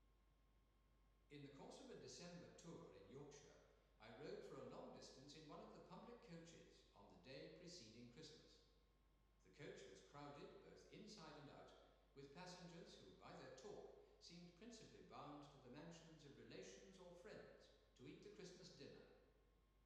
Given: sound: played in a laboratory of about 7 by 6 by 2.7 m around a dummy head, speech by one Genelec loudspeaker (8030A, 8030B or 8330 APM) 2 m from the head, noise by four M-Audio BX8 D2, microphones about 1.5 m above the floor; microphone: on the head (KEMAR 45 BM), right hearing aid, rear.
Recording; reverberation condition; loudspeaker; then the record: male speech in English; high; 30 degrees to the right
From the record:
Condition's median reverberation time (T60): about 1300 ms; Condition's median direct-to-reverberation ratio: about -4.0 dB